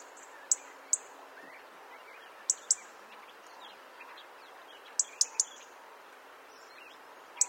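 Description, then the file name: European robin uttering crisp high ticks in pairs and triplets, with faint thin notes and a steady rushing background noise. "Erithacus rubecula"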